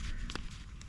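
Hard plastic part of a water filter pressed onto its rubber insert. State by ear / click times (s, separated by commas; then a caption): seated / 0.3 s, 0.4 s. The hard plastic part of a water filter is pressed onto its rubber insert, after the rubber part has been pushed inside. Two short, sharp snaps at 0.3 s and 0.4 s mark the part seating into place, followed by a fainter tick near 0.8 s over a low background rumble.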